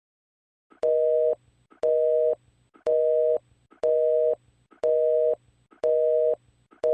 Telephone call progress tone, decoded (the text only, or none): busy tone